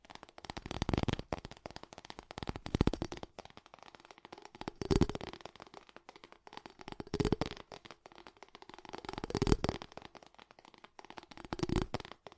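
Fast tapping goes on the whole time, a dense stream of quick, dry clicks with a crisp, bright edge. The taps swell louder in bursts about every two seconds, then thin out again between them, giving a rolling, pulsing rhythm.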